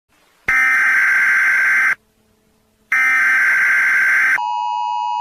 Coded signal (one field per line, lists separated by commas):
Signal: Emergency Alert System (SAME) tones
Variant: header bursts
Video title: US States Rating| EAS alarms (A-Z) #5